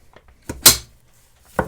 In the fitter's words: and bam, when you hear the click, it's just like a magazine.